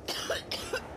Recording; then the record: coughing mixed with background sound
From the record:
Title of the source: choking, hacking coughing